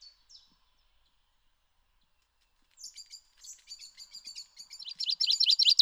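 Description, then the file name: Common chaffinch song: a couple of thin notes, a pause, then a series of quick chirping phrases building in loudness into a rapid trill that is cut off. "Fringilla coelebs"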